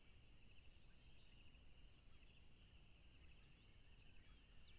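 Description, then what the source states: Crickets chirping in an unbroken, high-pitched trill on two steady tones, with faint, brief bird chirps above and a low background rumble. Crickets by a tropical river, recorded with a plane passing.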